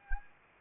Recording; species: mosquito wingbeat signal from an infrared sensor; Anopheles arabiensis